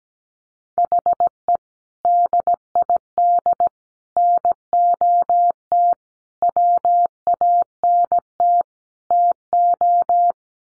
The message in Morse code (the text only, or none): HE DID NOT WANT TO